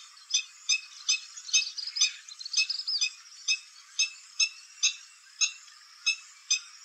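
Stilt calls: piercing single yaps repeated about twice a second, a busier flurry of overlapping calls in the middle.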